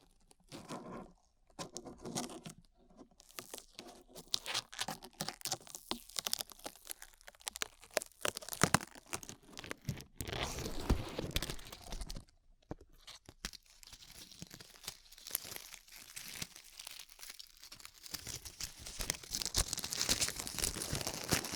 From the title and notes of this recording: ASMR Peeling Glue Off Your Ears (No Talking).